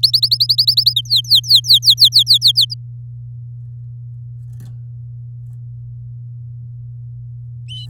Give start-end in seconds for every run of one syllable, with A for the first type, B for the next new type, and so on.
0.03-0.94 A, 0.96-2.74 B